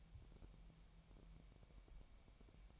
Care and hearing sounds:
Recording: daily activity, microphone in the room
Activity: take from stove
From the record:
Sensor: 1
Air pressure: 1002.0 hPa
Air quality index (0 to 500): 247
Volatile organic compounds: 51 ppm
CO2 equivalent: 3307 ppm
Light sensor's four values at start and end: 6/13/5/6 and 6/13/5/6

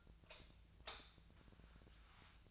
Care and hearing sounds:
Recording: daily activity, microphone in the room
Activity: light off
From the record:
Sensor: 2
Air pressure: 1009.6 hPa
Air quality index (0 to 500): 182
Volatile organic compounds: 11 ppm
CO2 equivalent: 2267 ppm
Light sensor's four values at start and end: 33/86/37/39 and 28/68/29/32

